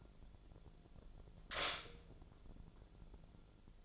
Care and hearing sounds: daily activity, microphone in the room; stop toaster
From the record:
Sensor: 5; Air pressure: 1000.4 hPa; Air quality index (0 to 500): 135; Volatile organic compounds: 2 ppm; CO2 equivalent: 1062 ppm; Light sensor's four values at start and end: 76/177/75/81 and 76/178/76/81

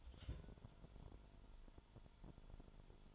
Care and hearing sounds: daily activity, microphone in the room; take from stove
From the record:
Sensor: 5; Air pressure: 1008.2 hPa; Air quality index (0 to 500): 126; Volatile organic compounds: 1 ppm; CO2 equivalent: 965 ppm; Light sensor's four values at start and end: 30/63/28/29 and 30/62/27/28

